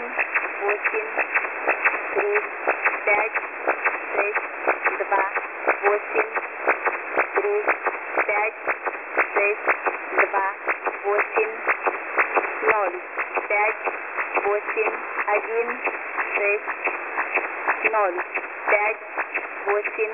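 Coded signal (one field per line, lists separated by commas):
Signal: numbers station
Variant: S06s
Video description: Der ukrainische Agentensender wird von einer Anlage bei Rivne in der ukraine abgestrahlt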